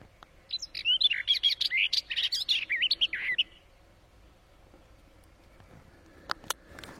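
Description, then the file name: Barred warbler song: a brisk, scratchy burst of chattering, twittering notes for about three seconds, then quiet apart from a few sharp clicks. "Canto da toutinegra gaviao"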